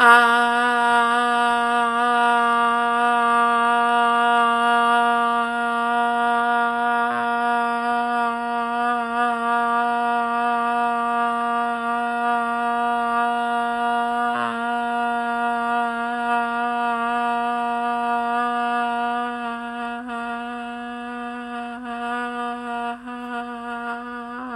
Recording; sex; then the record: sustained vowel /a/; female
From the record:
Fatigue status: fatigue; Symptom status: symptomatic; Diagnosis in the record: COVID-19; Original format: m4a